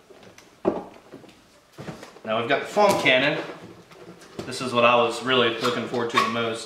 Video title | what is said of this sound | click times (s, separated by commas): I've Waited So Long For One Of These. I Finally Bought One **Car Is Acting Up Again** | like those just kind of snap right in now | 0.7 s